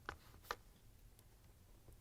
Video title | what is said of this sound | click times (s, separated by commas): How To: Whirlpool/KitchenAid/Maytag Dishwasher Detergent Dispenser Bracket WPW10462232 | except to push down on them and lock them in | 0.1 s, 0.5 s